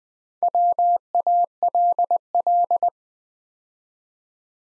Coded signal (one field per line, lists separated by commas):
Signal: Morse code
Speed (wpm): 20 wpm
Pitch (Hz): 700 Hz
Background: none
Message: WALL